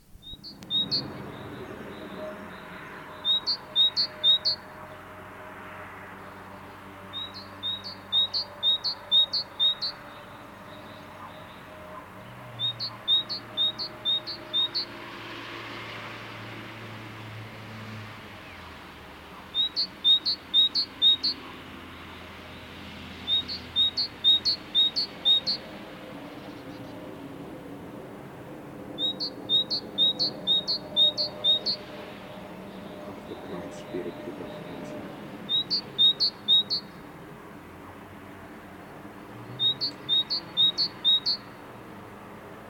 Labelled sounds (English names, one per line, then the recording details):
Great Tit song
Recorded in the wild
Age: adult
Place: Kaiserslautern, Rheinland-Pfalz, DE
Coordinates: 49.4284, 7.7786
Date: 1978-03-28
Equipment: Nagra IV, Sennheiser MKH 405, Parabolreflektor
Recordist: Tretzel, Erwin
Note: Wohl Garten Pascalstraße: Kohlmeise "bidet"